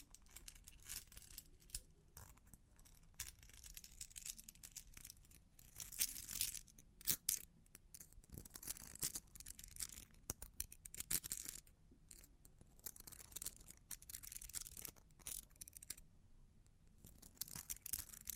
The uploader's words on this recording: Long Claws Tapping and Scratching (No Talking).